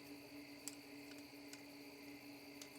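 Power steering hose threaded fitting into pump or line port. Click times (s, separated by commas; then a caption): 0.7 s. A threaded fitting on a power steering hose is turned backwards (to the left) into the pump or line port until its thread drops into the thread start with a sharp click at 0.7 s, seating it before it is tightened clockwise. Two fainter ticks follow at about 1.5 s and 2.6 s over a steady low hum.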